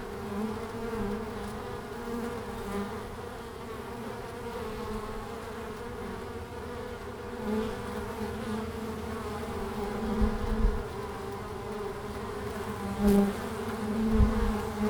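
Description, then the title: Honey bee buzzing as a continuous layered drone that swells slightly toward the end, with occasional brief knocks and louder passing buzzes. Langel, Cologne, Germany, in March at 20 °C; in sunny hours bees fly out in large numbers; recorder lay directly below the hive entrance hole; some bees briefly caught in the windshield fur. "Langel, Köln, Deutschland - Bienen im März. Bees in march"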